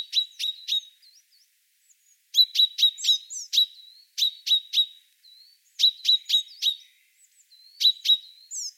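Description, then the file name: Common chaffinch giving sharp, metallic calls in quick bursts of three to five, with short pauses between groups and a few softer thin notes in between. "Fringilla coelebs"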